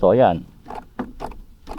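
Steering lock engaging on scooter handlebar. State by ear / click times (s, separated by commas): seated / 1.0 s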